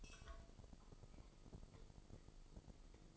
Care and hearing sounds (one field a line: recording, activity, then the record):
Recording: daily activity, microphone in the room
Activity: take from stove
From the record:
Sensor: 5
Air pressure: 995.6 hPa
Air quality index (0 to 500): 101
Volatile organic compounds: 6 ppm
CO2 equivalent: 1939 ppm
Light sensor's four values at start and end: 34/77/34/36 and 34/78/33/36